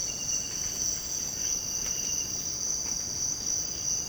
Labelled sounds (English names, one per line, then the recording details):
none
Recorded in secondary vegetation near Puerto Asís, Putumayo, Colombia, on 24 March 2025 at 06:00
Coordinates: 0.488, -76.319
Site G095